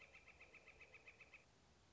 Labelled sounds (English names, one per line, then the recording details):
Northern Flicker
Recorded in Sonoma County, California